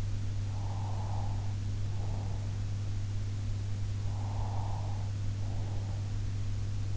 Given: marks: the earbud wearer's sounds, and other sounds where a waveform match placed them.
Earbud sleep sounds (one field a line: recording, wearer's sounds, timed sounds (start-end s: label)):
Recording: sounds in sleep by an in-ear microphone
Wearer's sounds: breath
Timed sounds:
0.55-2.43 s: breath
4.16-6.00 s: breath